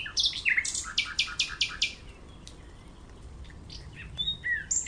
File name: Usignolo